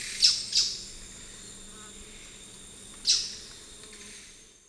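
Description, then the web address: Rufous-rumped foliage-gleaner giving sharp, high squeaky notes, two close together then one more after a pause, over a steady insect hum. Ecuador. "Birds of Ecuador. Rufous-Rumped Foliage-Gleaner"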